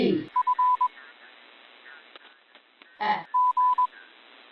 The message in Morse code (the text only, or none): F G